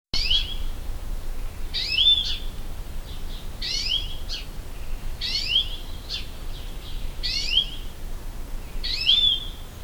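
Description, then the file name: European greenfinch uttering a series of six nasal calls with rising whistled endings, spaced under two seconds apart, with faint short notes between them. "Chloris chloris"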